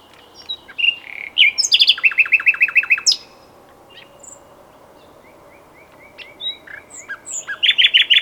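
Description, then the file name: Common nightingale phrases: a quick burst of down-slurred repeated notes, a pause, then soft rising whistles leading into a loud rapid trill. "Luscinia megarhynchos"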